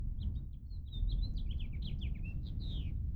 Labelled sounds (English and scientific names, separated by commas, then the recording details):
House Finch (Haemorhous mexicanus) song
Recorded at Lawrence on Long Island, New York, on 4 June 1975
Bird E